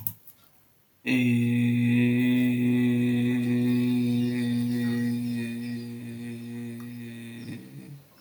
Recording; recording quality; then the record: sustained vowel as in made; excellent, no background noise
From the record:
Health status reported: healthy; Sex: male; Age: 24 years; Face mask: not worn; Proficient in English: yes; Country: India